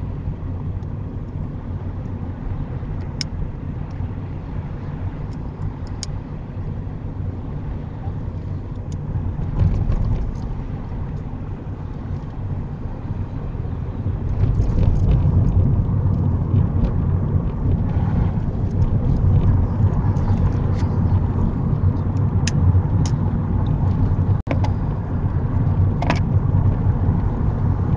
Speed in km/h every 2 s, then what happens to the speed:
27, 27, 27, 27, 27, 27, 29, 31, 32, 34, 32, 31, 32, 32.
0-28 steady at about 29.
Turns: none.